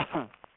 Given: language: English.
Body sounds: throat vibration sensor signal played as sound; cough

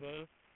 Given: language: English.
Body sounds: throat vibration sensor signal played as sound; speech

